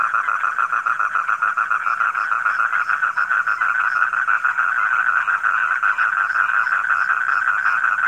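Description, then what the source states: Dense frog chorus, ratchety pulses repeated quickly at one pitch, joined by faint higher ticks throughout. Frogs calling at night.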